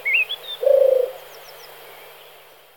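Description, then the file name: European turtle dove giving one soft low purring phrase, preceded by a thin rising whistle from another bird and faint high notes afterward. "hrdlička-divoká"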